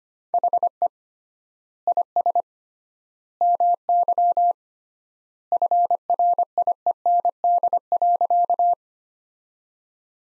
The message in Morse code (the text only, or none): HE IS MY FRIEND.